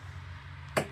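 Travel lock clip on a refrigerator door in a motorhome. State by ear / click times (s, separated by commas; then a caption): seated / 0.8 s. A small clip-style travel lock on top of the refrigerator door in a 2026 Newmar Grand Star 3444 motorhome is flipped back into place. A single sharp click sounds at 0.8 s against a low, steady background hum. The lock is seated so the refrigerator door won't fly open while driving.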